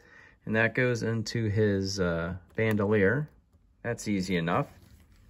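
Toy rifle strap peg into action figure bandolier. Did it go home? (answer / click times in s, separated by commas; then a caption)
no / none. Someone talks while handling a small plastic peg on the rifle strap of a 1:6 scale Hot Toys The Mandalorian Deluxe Edition action figure, lining it up with the hole in the figure's bandolier. A few faint soft ticks come near the end, but nothing has seated or clicked into place yet.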